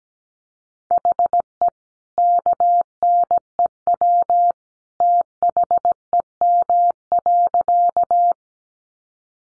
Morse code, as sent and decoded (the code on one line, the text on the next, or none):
.... . / -.- -. . .-- / - .... . -- .-.-.-
HE KNEW THEM.